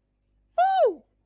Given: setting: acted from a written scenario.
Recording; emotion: vocal sound without words; fear